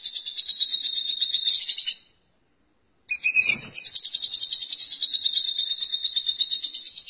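Lovebird song of fast, shrill chattering pulses, cut by a silence of about a second before the rapid trilling resumes and runs on steadily.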